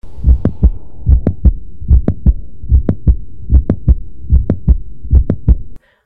Mid-systolic clicks are heard at the apex and usually reflect mitral valve prolapse.